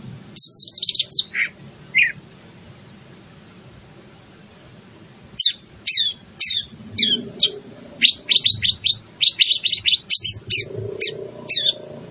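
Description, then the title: Greater green leafbird song of sharp high notes, some slurred downward; a short opening flurry, a pause, then a long irregular series of crisp chips and whistles. In full song, described by the Indonesian term gacor. "Cucak Ijo Gacor"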